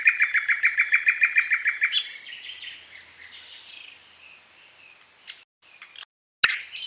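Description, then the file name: Common nightingale singing a fast pulsing repeated trill for two seconds, then scattered soft varied notes and brief sharp chips. "Luscinia megarhynchos"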